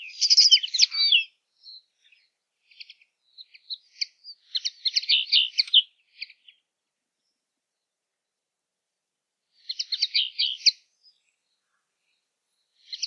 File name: kneu zang